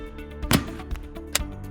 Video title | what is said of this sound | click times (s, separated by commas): PURELL CXR REDIFOAM™ Refilling and Battery Changing Instructions | remove the dust cap from the soap refill, then insert into the spout opening until the refill clicks into place. | 0.5 s, 1.4 s